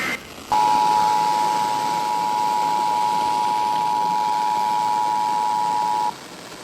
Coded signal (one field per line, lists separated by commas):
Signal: Emergency Alert System (SAME) tones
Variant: 853 and 960 Hz attention tone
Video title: EAS Alerts From 8/10/26: A Compilation (EAS 1446-1454)